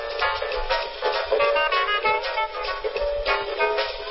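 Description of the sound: Thin, tinny music with no deep bass, as heard through a simulated cochlear implant with complete cochlear electrode coverage: not bad, recognizable but fragile.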